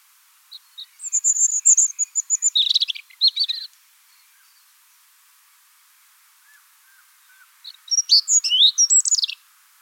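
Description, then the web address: European robin song, two rapid sparkling phrases of high trills and twitters separated by a pause with faint soft notes. Song; recorded at Wiesloch. "Wiesloch Rotkehlchen Gesang"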